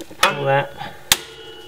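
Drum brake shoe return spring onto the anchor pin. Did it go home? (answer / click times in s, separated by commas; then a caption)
yes / 1.1 s. A drum brake shoe return spring is levered with a screwdriver up and over the anchor pin while someone talks. One sharp metallic snap rings out at 1.1 s as the spring pops into place on the pin, seated.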